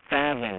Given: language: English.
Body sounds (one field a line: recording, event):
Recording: throat vibration sensor signal played as sound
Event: speech